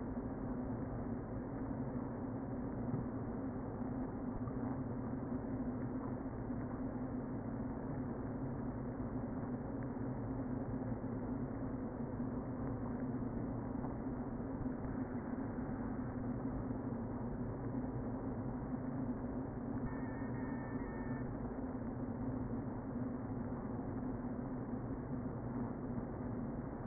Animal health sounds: honeybee colony, microphone inside the hive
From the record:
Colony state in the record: queen present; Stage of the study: before two queens were removed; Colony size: about 60,000 bees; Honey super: yes

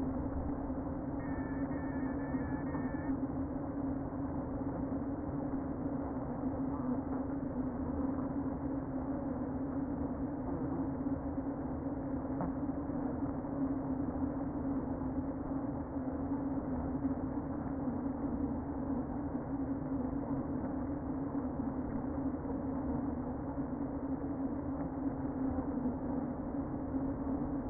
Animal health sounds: honeybee colony, microphone inside the hive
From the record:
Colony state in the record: queen present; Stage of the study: before two queens were removed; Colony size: about 60,000 bees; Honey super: yes

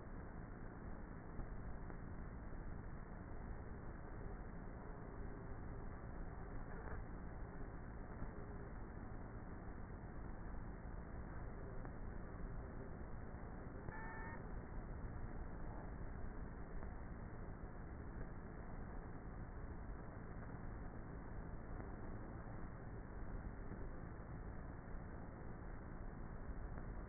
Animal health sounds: honeybee colony, microphone inside the hive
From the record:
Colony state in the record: queenless with a low population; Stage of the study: before two queens were removed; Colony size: about 30,000 bees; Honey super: no

